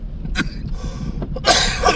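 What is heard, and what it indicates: An adult man breaks off speaking mid-sentence with a few harsh, throaty cough bursts, a brief coughing fit from a bad cough.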